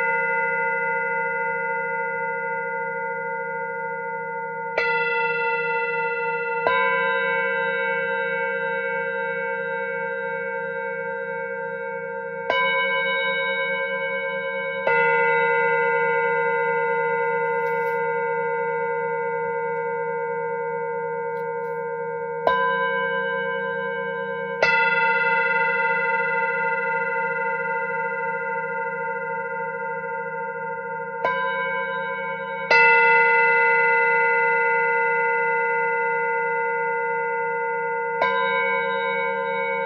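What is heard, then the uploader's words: Tibetan singing bowls are struck every few seconds, each clear ringing tone swelling then slowly fading over a steady low hum. Spend time connecting to the sounds of Solar Plexus and Heart Tibetan Singing Bowls.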